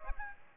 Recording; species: mosquito wingbeat signal from an infrared sensor; Aedes aegypti